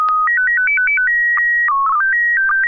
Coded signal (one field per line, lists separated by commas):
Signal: SSTV (slow-scan television)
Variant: PD 120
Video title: N6NA SSTV Net - 05/29/2024